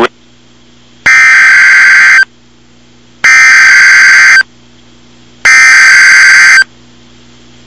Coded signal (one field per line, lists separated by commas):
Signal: Emergency Alert System (SAME) tones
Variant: header bursts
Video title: Real NOAA Weather Radio EAS Alert #117